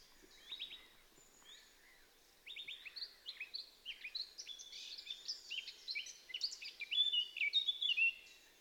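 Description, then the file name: Eurasian blackcap song: quiet scattered notes, then a sustained run of rapid scratchy warbling that grows louder and ends in clearer whistled slurs, with light background hiss. "Sylvia atricapilla"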